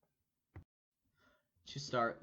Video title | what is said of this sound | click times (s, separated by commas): Polaroid SX-70 Alpha 1 Review | which should lock into the original stored position | 0.6 s